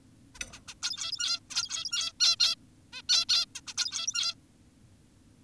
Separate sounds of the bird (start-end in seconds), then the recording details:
0.35-0.39, 0.53-0.60, 0.68-0.74, 0.83-1.40, 1.50-2.12, 2.20-2.36, 2.40-2.56, 2.93-3.02, 3.09-3.25, 3.29-3.46, 3.56-3.61, 3.67-3.74, 3.78-4.35. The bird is an adult. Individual g17y2U